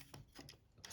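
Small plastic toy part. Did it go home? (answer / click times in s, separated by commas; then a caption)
no / none. A small plastic missile is pushed into the shoulder cannon of a vintage re-issue Transformers Beast Wars Optimus Primal action figure and lined up with small notches. Light plastic ticks and rubbing scrapes are heard. The missile has not clicked into place yet.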